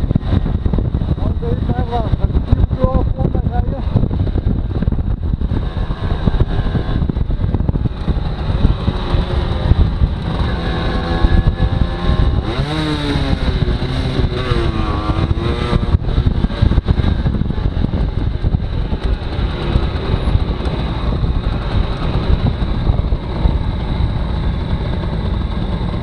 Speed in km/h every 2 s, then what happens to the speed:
32, 30, 28, 23, 20, 19, 23, 25, 19, 13, 9, 3, 1.
0-8 slows to 20. 8-14 steady at about 20. 14-23 slows to 1. 23-26 standing.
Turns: 7-11.